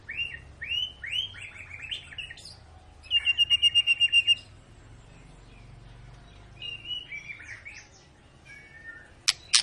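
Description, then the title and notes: White-rumped shama song: a few rising whistles, then a fast rattling trill of evenly repeated notes, later soft whistled phrases and a sharp click at the close. Long, vigorous lure song (pancingan) of a singing white-rumped shama, used to make other birds sing. "Pancingan Murai Batu Gacor Panjang. muraiku"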